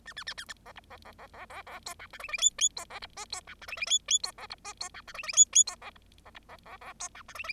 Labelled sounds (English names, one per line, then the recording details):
Bengalese Finch song
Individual Bird0